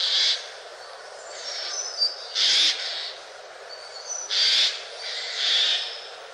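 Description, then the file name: Eurasian jay giving harsh, rasping screeches, four short bursts, with thin high whistles between them. "noetteskrike"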